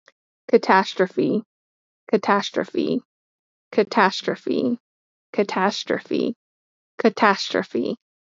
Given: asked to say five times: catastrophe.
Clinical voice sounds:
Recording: repeated word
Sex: female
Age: 30 to 39 years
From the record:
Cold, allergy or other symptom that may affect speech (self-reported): no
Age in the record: 39 years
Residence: Pennsylvania, United States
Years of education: 16

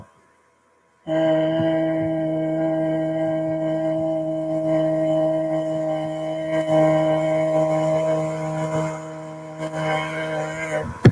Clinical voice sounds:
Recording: vowel held as long as possible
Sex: female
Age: 40 to 49 years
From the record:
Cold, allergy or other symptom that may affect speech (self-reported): no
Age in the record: 43 years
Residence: Virginia, United States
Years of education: 14

